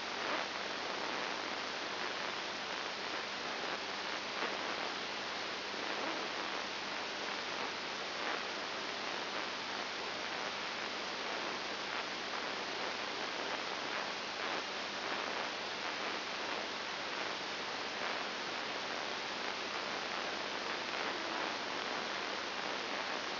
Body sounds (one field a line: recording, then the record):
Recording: brain microelectrode recording played as sound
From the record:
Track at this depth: inside the subthalamic nucleus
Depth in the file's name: 5.501 mm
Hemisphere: left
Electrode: 2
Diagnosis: Parkinson's disease